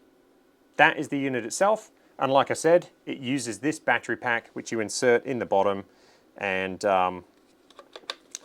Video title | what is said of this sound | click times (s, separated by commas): Square Golf Indoor Launch Monitor - Unboxing and initial impressions | yeah it just snaps into place | 8.1 s, 8.3 s